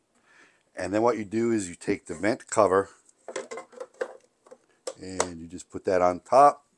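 Someone talks while a plastic vent cover is handled and placed on top of a Chitu Systems FilaPartner E1 filament dryer box, with a few quiet plastic taps between about 3.1 and 4.9 seconds. The clip ends before the cover is pressed down, so nothing has seated or clicked yet.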